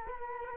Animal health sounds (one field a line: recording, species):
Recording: mosquito wingbeat signal from an infrared sensor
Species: Culex quinquefasciatus